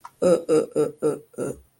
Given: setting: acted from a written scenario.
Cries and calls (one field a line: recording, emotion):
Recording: vocal sound without words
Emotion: confusion